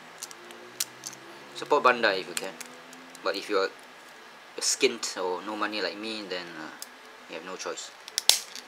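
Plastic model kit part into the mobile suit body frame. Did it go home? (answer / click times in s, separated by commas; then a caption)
yes / 8.3 s. Someone talks while handling a plastic part of a Daban MG Sazabi Ver Ka Gundam model kit, with a few small plastic clicks early on. At 8.3 s the part is pushed into the mobile suit body frame and snaps home with a sharp, loud click, seating in place.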